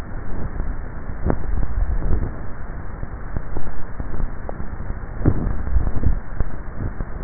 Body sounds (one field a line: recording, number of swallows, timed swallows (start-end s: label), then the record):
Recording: swallowing sounds by neck microphone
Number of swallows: 2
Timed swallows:
1.42-2.48 s: swallow
5.35-6.18 s: swallow
From the record:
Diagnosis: dysphagia